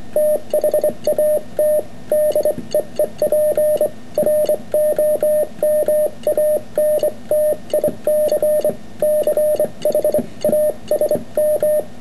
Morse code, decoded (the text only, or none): THAT DEEP ROMANTIC CHASM